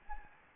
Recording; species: mosquito wingbeat signal from an infrared sensor; Anopheles gambiae